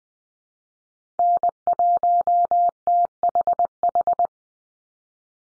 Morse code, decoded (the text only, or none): N1THH